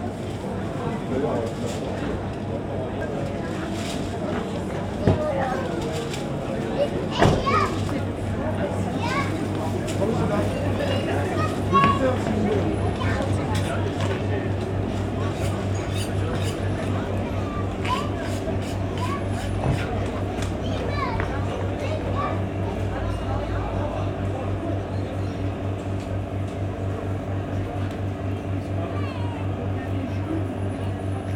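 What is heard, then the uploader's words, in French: A small-town market bustles with steady overlapping chatter, occasional sharp clatters near five and seven seconds, and a low engine hum underneath. Impression sonore du marché de la petite ville de Auneau réalisée à partir des enregistrements de Nicolas Dubois (© Sound Fishing).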